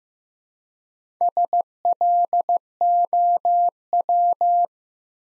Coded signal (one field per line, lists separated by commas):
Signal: Morse code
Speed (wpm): 15 wpm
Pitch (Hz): 700 Hz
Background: none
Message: SLOW